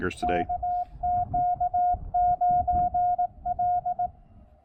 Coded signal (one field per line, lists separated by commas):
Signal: Morse code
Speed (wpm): 18 wpm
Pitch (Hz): 700 Hz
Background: speech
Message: KQ9L